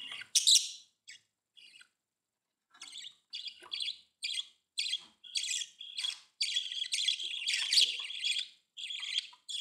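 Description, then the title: Budgerigar chatter: scattered scratchy chirps at first, building into a dense, continuous buzzy warble. "Budgie Sounds"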